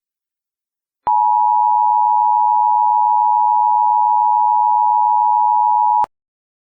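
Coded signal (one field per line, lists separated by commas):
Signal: Emergency Alert System (SAME) tones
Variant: 853 and 960 Hz attention tone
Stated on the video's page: Fictional EAS scenario.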